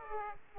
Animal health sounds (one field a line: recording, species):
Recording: mosquito wingbeat signal from an infrared sensor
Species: Aedes aegypti